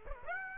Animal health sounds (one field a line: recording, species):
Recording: mosquito wingbeat signal from an infrared sensor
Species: Aedes aegypti